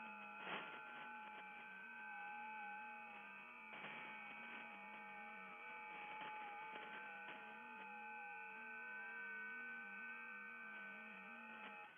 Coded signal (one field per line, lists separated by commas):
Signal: FT8